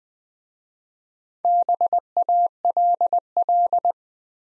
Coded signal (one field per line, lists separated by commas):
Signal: Morse code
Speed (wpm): 20 wpm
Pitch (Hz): 700 Hz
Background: none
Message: BALL